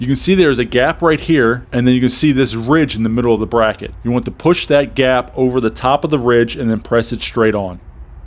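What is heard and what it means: A metal brake pad abutment clip is being handled at the rear caliper mounting bracket of a 2013–2018 Nissan Altima, lined up so its gap can be pushed over the ridge in the middle of the bracket and pressed straight on. Someone talks throughout. Nothing has seated or clicked yet.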